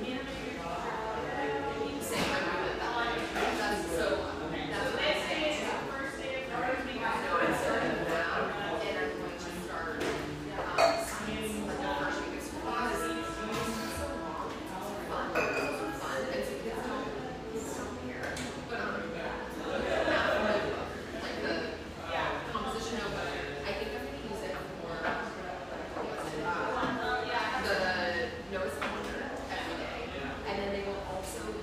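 Lively café chatter fills the whole stretch, overlapping voices murmuring steadily while cups and dishes clink every few seconds, with one sharp clank near eleven seconds.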